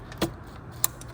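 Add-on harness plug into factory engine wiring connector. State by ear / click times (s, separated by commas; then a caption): seated / 0.8 s. During installation of an MHD CAN FlexFuel Analyzer Kit on an X3M with the S58 engine, the second plastic add-on harness plug is pushed into the other half of the factory engine wiring connector. A soft rustle and thump come at about 0.2 s, then a sharp, bright click at 0.8 s and a faint tick near 1.0 s. The plug is seated securely.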